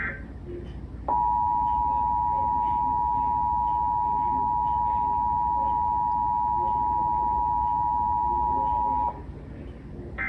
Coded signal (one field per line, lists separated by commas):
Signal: Emergency Alert System (SAME) tones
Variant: 853 and 960 Hz attention tone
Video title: New Jersey RMT for June 2023 [EAS #496-509]